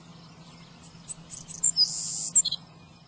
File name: Savannah Sparrow